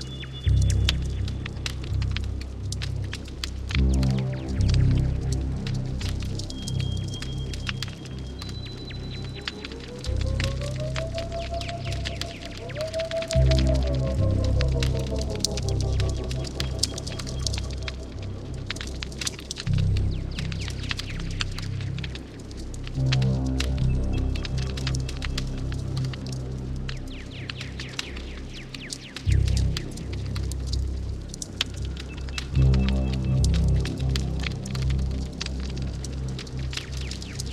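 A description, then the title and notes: A crackling fire snaps and pops steadily over a deep, rumbling bass drone that swells and pulses in slow blocks. Around the middle, a soft gliding tone rises and falls, while faint high ticks and crackles continue throughout. Campfire ambience with the twin peaks vibe. Bass, owls and a crackling fire keeping the dark at bay.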